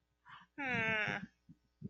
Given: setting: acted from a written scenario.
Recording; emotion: vocal sound without words; sympathy